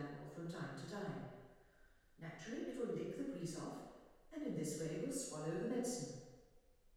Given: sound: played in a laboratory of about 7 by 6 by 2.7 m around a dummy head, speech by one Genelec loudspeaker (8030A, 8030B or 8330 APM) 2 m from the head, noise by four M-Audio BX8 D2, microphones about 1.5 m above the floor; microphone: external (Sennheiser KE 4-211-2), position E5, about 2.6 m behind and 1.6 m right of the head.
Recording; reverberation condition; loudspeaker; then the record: female speech in English; high; 30 degrees to the right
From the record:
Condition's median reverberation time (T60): about 1300 ms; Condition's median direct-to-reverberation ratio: about -4.0 dB